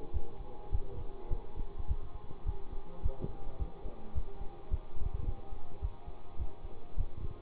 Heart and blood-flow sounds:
heart sounds by stethoscope; between the tricuspid and mitral areas; 105 bpm
0.13 s: heartbeat
0.71 s: heartbeat
1.29 s: heartbeat
1.87 s: heartbeat
2.45 s: heartbeat
3.02 s: heartbeat
3.58 s: heartbeat
4.14 s: heartbeat
4.70 s: heartbeat
5.25 s: heartbeat
5.81 s: heartbeat
6.38 s: heartbeat
6.96 s: heartbeat
From the record:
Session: bicycle stress test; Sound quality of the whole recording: good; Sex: male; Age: 24 years

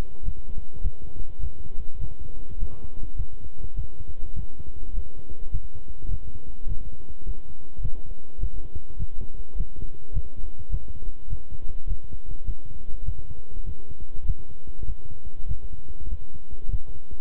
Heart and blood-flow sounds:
heart sounds by stethoscope; between the tricuspid and mitral areas; 102 bpm
0.23 s: heartbeat
0.81 s: heartbeat
1.39 s: heartbeat
1.99 s: heartbeat
2.57 s: heartbeat
3.15 s: heartbeat
3.74 s: heartbeat
4.34 s: heartbeat
4.93 s: heartbeat
5.50 s: heartbeat
6.09 s: heartbeat
6.67 s: heartbeat
7.24 s: heartbeat
7.80 s: heartbeat
8.38 s: heartbeat
8.97 s: heartbeat
9.55 s: heartbeat
10.12 s: heartbeat
10.69 s: heartbeat
11.28 s: heartbeat
11.86 s: heartbeat
12.44 s: heartbeat
13.04 s: heartbeat
13.64 s: heartbeat
14.24 s: heartbeat
14.84 s: heartbeat
15.46 s: heartbeat
16.08 s: heartbeat
16.69 s: heartbeat
From the record:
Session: walking at 3.7 km/h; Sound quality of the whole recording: good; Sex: male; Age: 26 years

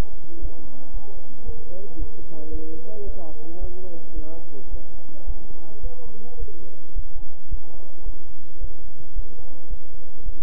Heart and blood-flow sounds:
heart sounds by stethoscope; between the tricuspid and mitral areas; 110 bpm
0.40 s: heartbeat
0.92 s: heartbeat
1.44 s: heartbeat
1.97 s: heartbeat
2.50 s: heartbeat
3.05 s: heartbeat
3.59 s: heartbeat
4.14 s: heartbeat
4.69 s: heartbeat
5.25 s: heartbeat
5.81 s: heartbeat
6.37 s: heartbeat
6.94 s: heartbeat
7.49 s: heartbeat
8.04 s: heartbeat
8.59 s: heartbeat
9.14 s: heartbeat
9.68 s: heartbeat
10.24 s: heartbeat
From the record:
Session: bicycle stress test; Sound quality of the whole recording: good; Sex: male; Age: 26 years

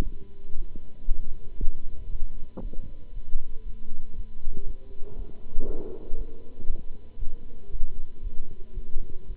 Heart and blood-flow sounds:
heart sounds by stethoscope; between the tricuspid and mitral areas; 117 bpm
0.02 s: heartbeat
0.54 s: heartbeat
1.07 s: heartbeat
1.58 s: heartbeat
2.09 s: heartbeat
2.61 s: heartbeat
3.12 s: heartbeat
3.63 s: heartbeat
4.14 s: heartbeat
4.65 s: heartbeat
5.15 s: heartbeat
5.65 s: heartbeat
6.15 s: heartbeat
6.66 s: heartbeat
7.17 s: heartbeat
7.70 s: heartbeat
8.21 s: heartbeat
8.73 s: heartbeat
9.26 s: heartbeat
From the record:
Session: Bruce protocol treadmill stress test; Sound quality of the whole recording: good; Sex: male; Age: 26 years

